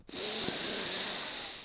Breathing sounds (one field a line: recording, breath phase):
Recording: one breath near a microphone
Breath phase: inhalation